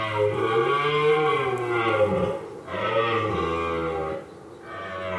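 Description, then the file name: Red deer bellowing: deep, throaty roars in two long phrases and a shorter third, each with rich harmonics and slight rises and falls. Rutting bellow (brame) of red deer, recorded at Coursegoules in the Alpes-Azur-Mercantour area. "brame cerf"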